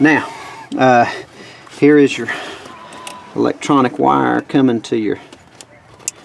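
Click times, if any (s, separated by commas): 6.1 s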